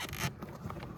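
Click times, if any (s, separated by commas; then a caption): none. A plastic inner door mirror cover on a 2001 Toyota Camry is handled against the inner door panel, with its hook going into a square hole before the cover is pressed in. A broad rustling scrape fills the first 0.3 seconds, followed by quieter handling noise and a brief sharp tap at about 0.7 seconds. Nothing has seated or clicked yet.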